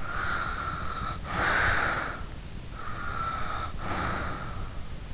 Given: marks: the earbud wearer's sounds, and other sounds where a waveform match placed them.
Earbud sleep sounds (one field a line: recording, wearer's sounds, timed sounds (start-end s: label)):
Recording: sounds in sleep by an in-ear microphone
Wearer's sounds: breath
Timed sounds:
0.00-2.35 s: breath
2.78-4.79 s: breath